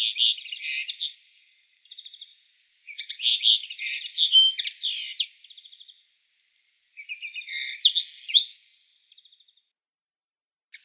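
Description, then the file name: Common linnet singing several lively twittering phrases of rapid chirps, buzzy trills and whistled notes, separated by short pauses. "konoplyanka obyknovennaya golos"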